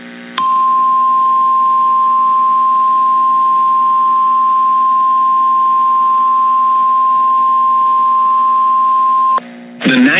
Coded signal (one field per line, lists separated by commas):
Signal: Emergency Alert System (SAME) tones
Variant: 1050 Hz attention tone